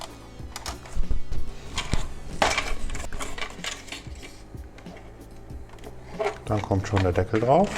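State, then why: Not seated. The plastic lid of a VW Passat instrument cluster is pressed back onto the cluster housing after the display swap while someone talks. Short handling knocks and rattles are heard, the loudest around 2.4 s, with other bumps near 0.6, 1.9, 3.4, 3.9 and 6.2 s. The cover has not snapped into place yet, and nothing has clicked or seated by the end.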